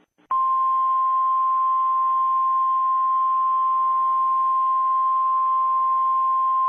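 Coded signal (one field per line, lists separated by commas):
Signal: Emergency Alert System (SAME) tones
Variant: 1050 Hz attention tone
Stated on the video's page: Compilation of EAS alarms from every country.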